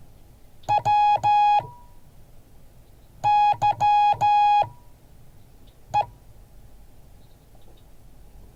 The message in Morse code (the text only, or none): WYE